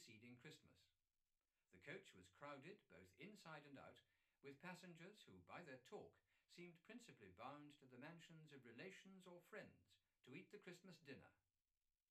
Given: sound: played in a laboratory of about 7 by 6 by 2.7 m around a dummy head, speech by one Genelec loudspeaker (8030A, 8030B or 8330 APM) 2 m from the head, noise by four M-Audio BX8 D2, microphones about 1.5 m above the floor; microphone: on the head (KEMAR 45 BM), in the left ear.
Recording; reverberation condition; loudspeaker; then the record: male speech in English; low; 150 degrees to the left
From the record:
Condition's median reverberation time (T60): about 310 ms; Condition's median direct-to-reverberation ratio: about 3.5 dB